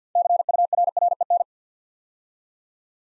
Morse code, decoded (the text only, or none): CURREN